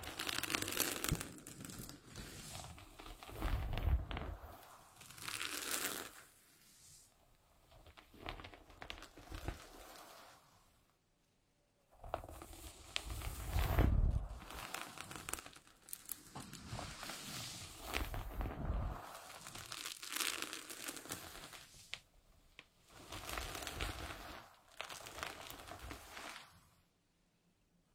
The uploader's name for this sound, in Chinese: 温温柔柔梳头发